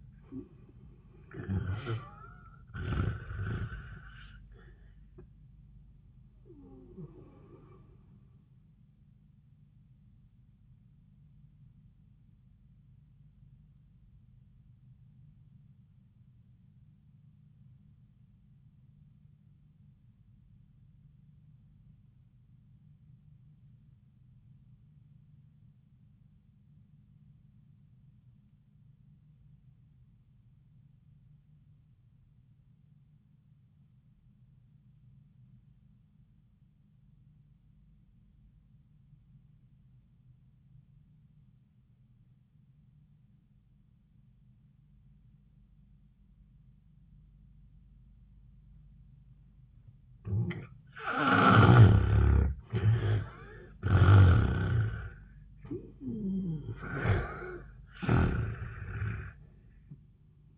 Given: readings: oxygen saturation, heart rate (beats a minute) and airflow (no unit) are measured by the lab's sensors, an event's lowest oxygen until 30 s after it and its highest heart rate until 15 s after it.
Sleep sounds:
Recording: breathing in sleep by a smartphone at the bedside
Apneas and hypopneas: 1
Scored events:
12.00-49.50 s: obstructive apnea (N1, oxygen 93% highest, then 64% lowest, heart rate 72 at the start, 85 highest)
18.00-48.00 s: new sleep stage, REM sleep
48.00-60.58 s: new sleep stage, N1 (lightest sleep)
From the record:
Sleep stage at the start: N1 (lightest sleep)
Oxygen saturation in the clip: 63 to 93%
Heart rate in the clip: 56 to 85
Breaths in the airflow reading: 5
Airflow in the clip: -28.7 to 13.2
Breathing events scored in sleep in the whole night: 400 in 8.7 hours asleep

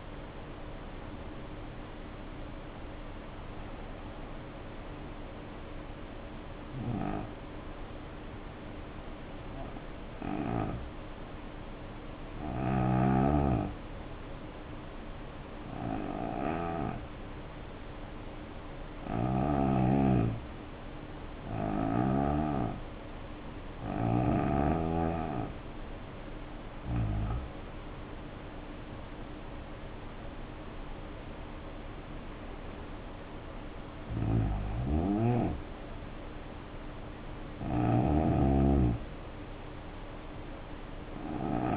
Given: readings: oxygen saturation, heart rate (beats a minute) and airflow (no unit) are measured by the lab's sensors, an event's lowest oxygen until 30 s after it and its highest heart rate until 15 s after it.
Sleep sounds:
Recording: breathing in sleep by a voice recorder at the bedside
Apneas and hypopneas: 1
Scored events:
8.00-28.50 s: hypopnea (N1, oxygen 93% highest, then 83% lowest, heart rate 64 at the start, 77 highest)
14.00-41.77 s: new sleep stage, N2 (light sleep)
From the record:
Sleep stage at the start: N1 (lightest sleep)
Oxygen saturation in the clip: 83 to 93%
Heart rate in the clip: 62 to 81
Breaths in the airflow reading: 11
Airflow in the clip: -7.9 to 7.3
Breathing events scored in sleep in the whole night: 520 in 7.2 hours asleep

